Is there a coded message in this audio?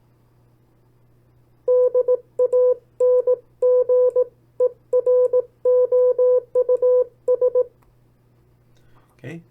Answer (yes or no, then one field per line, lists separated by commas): yes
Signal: Morse code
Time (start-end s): 1.7-7.6 s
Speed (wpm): 18 wpm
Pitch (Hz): 500 Hz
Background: speech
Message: DANGEROUS